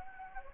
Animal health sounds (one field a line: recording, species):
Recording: mosquito wingbeat signal from an infrared sensor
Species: Anopheles gambiae